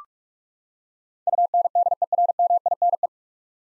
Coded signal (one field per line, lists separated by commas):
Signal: Morse code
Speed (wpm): 46 wpm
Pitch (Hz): 700 Hz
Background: none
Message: UNDERMINE